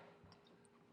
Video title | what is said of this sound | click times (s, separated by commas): [FULL VIDEO] How to with JAMES DANSEREAU - 1985 Honda ATC250ES Big Red OIL CHANGE, basic MAINTENANCE | back in their places and it's locked right in never come out excellent yeah | 0.3 s, 0.7 s